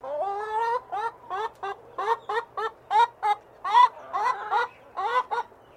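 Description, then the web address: Chicken clucking: a drawn-out rising note, then a string of short, irregular clucks, some with a brief upward lilt. "Sound Effects-Foundation 1 BIRD CHICKEN BEREL CLUCKING"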